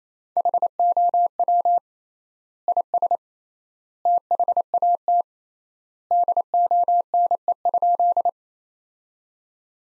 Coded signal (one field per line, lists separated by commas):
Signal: Morse code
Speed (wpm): 28 wpm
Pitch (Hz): 700 Hz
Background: none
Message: HOW IS THAT DONE?